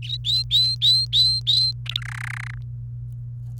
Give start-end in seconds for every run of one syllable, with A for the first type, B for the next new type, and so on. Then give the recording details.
0.02-1.72 A, 1.86-2.01 B, 2.02-2.54 C. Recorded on 28 April 2018 at 08:14. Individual llb3